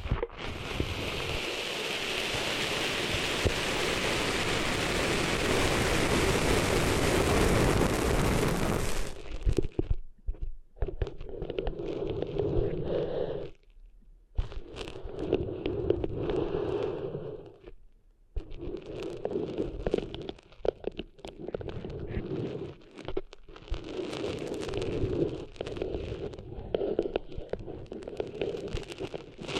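Sand is cleaned out of ears, opening with about nine seconds of loud, steady rushing and rumbling. After that come uneven bursts of scratching and rubbing with a low, muffled undertone, broken by brief silences near 14, 18 and 23 seconds.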